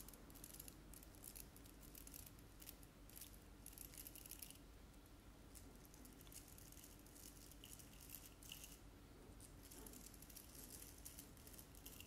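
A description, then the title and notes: Long nails tap and scratch across objects in a dense, continuous stream of small clicks and rasping strokes. The scratching stays bright and busy throughout, with brief louder bursts scattered across the twelve seconds. A low steady hum runs underneath. ASMR Tapping and Scratching Sounds with Long Nails (Various Objects).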